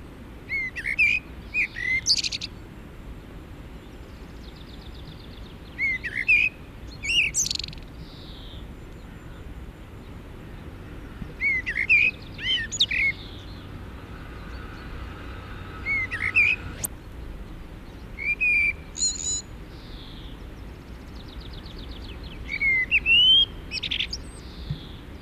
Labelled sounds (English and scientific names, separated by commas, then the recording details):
Common Blackbird (Turdus merula) song
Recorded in the wild
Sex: male
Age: adult
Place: Garmisch-Partenkirchen, Bayern, DE
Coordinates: 47.4939, 11.0658
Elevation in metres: 789
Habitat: mountains
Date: 1969-04-13
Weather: Schneefall
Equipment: Uher 4000 Report
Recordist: Tretzel, Erwin